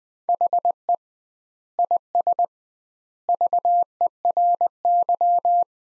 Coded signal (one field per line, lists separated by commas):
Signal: Morse code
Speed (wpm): 20 wpm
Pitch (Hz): 700 Hz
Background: none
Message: HE IS VERY